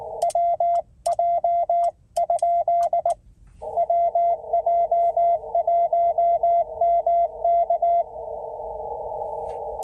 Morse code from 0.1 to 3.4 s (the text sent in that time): WJ?